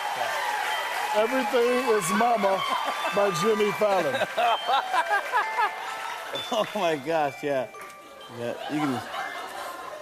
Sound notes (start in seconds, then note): 4.1 laughter; 4.4 cheering, applause